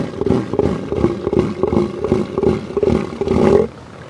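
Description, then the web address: Southern elephant seal roar, a rapid train of guttural pulses ending in a longer bellow. "earth naturelibrary assets s so southern elephant seal"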